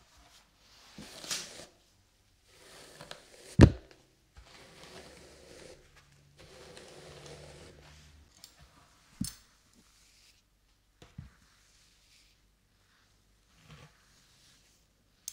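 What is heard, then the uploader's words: Hair brushing in soft, hissy strokes, each lasting about a second or two, with gaps of near silence between them. A sharp knock at about 3.5 seconds stands out, and fainter clicks follow around 9, 11 and 14 seconds as the strokes thin out. ASMR Haircut Tutorial Hair Brushing for Relaxation.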